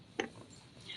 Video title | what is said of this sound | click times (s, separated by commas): Moissanite with Lauren Masters | You'll see that. And you'll want to hear it. It kind of snaps into place. | 0.2 s